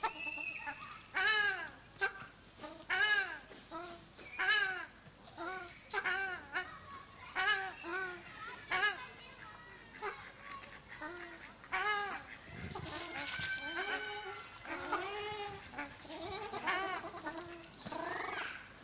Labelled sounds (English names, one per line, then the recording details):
Ruddy Shelduck call
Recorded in captivity
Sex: group
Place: Zoo Halle, Sachsen-Anhalt, DE
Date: 2003-10-19 18:00
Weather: fair, 5-6°C
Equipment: Fair Mate ST-1328 (Asahi Electronics, Japan), Sennheiser ME 80, Kopie Uher 4000 Report Monitor
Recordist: Tembrock, Günter